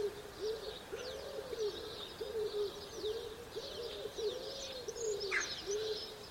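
Wood pigeon cooing, a run of low rounded coos, with faint twittering from small birds in the background.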